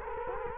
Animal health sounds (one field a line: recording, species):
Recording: mosquito wingbeat signal from an infrared sensor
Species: Culex quinquefasciatus